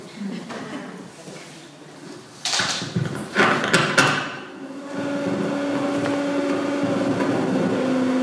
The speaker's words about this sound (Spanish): No se preocupe, la licuadora.